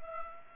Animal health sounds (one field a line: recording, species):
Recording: mosquito wingbeat signal from an infrared sensor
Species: Culex pipiens